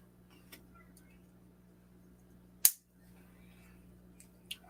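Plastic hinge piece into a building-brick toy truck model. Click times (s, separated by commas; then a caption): 2.6 s. A plastic hinge piece is pressed onto a plastic building-brick monster truck model and seats with a single sharp snap at 2.6 s. A low steady hum runs underneath, with faint small ticks around 0.5 s and 4.5 s.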